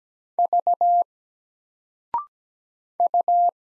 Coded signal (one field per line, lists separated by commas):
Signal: Morse code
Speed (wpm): 17 wpm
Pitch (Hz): 700 Hz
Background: none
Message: V U